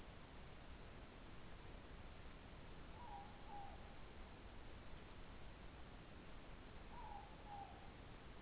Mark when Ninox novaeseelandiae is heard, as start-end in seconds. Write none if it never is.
2.77-3.94, 6.80-7.81